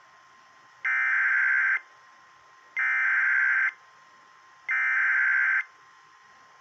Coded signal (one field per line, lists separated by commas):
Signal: Emergency Alert System (SAME) tones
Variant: header bursts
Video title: EAS 508 STERLING FLW